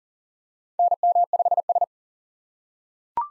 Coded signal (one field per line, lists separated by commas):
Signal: Morse code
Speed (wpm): 40 wpm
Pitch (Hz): 700 Hz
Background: none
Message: NM5S